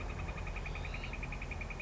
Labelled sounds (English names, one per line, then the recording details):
Northern Flicker
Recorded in Sonoma County, California